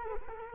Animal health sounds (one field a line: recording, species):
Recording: mosquito wingbeat signal from an infrared sensor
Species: Culex quinquefasciatus